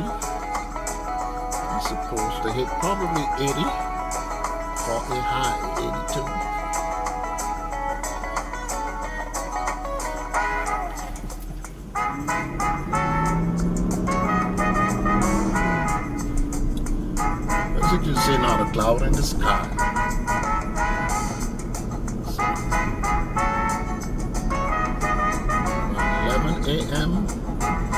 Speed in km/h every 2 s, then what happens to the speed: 0, 0, 0, 0, 0, 0, 3, 21, 27, 31, 34, 35, 39, 40.
0-11 standing. 11-28 pulls away to 40.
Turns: none.